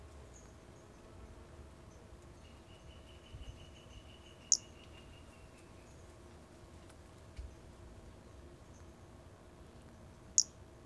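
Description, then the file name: Brachycephalus albolineatus giving two sharp, very high chirps several seconds apart, with fainter high notes between, a steady pulsed trill lower down for a few seconds, and a constant background hum. Recorded 4 February 2016. "Brachycephalus albolineatus 160204"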